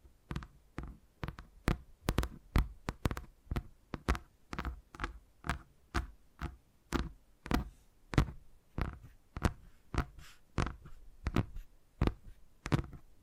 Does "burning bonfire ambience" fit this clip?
no